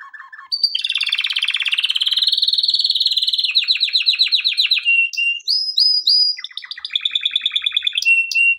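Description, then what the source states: Canary song, a buzzy sustained roll leading into quick repeated notes, then short whistled phrases and another rapid trill. Intended for training canaries.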